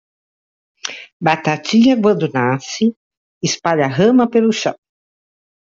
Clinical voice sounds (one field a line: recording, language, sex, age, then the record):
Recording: short text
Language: Brazilian Portuguese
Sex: female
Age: 80 to 89 years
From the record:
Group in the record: control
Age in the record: 82 years